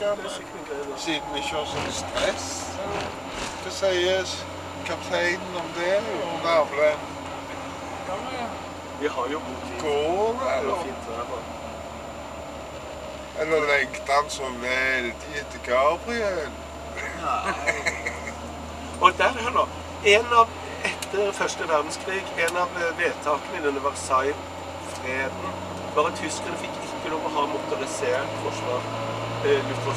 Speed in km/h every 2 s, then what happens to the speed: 32, 31, 32, 31, 29, 26, 24, 25, 26, 28, 30, 30, 32, 36, 41.
0-23 steady at about 29. 23-30 speeds up to 41.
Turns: 5-19.